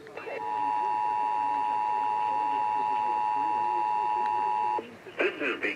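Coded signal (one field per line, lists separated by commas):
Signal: Emergency Alert System (SAME) tones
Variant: 853 and 960 Hz attention tone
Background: speech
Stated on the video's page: Required Monthly Tests received by AM DXing on 740, 680 and 1530 kHz from San Francisco and Sacramento stations.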